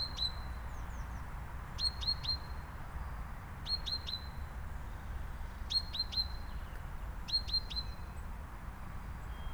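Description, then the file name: Great tit: bright, even high notes strung in sets of three or four, repeated every couple of seconds, with constant low background rumble. "Parus major"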